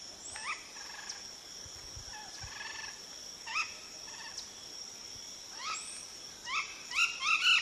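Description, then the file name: Golden parakeet calls: short harsh upslurred notes, scattered at first, then a quick loud burst near the end, over a steady high insect drone. "canto do guaruba"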